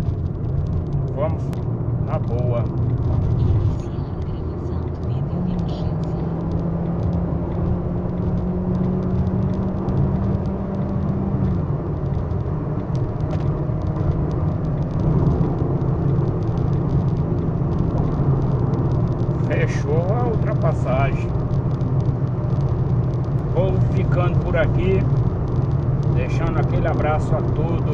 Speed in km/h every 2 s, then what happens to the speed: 84, 89, 93, 95, 100, 108, 116, 120, 125, 129, 131, 132, 132, 132.
0-19 speeds up to 131. 19-28 steady at about 132.